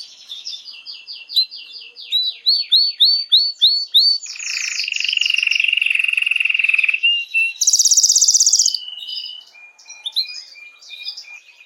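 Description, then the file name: Canary song: a run of repeated rising chirps, then a long buzzy trill, a sudden high rattling roll and scattered twittering phrases. Belgian mosaic canary. "canto do canario belga mosaico"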